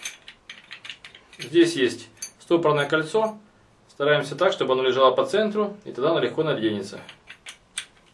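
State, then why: Not seated. A steel pipe-threading die for an Intertool SD-8003 is being fitted into the ratchet handle's head and centered on the retaining ring. Someone talks while small metallic handling clicks and taps sound, mostly in the first second and again near the end. Nothing has seated or clicked into place yet.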